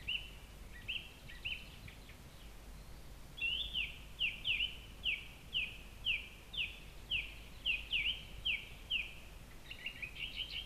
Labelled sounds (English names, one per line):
Song Thrush song